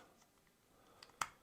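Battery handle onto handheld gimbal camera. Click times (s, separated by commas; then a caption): 1.2 s. A smaller-profile plastic battery handle is pushed onto a second handheld gimbal camera. After a quiet stretch and a faint tick at 1.0 s, a sharp, bright click sounds at 1.2 s. The handle is seated on the camera.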